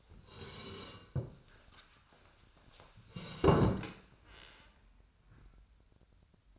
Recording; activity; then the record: daily activity, microphone in the room; sit down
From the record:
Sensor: 2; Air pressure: 1015.1 hPa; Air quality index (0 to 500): 126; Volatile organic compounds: 4 ppm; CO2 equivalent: 1616 ppm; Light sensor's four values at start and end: 10/24/10/10 and 12/32/12/14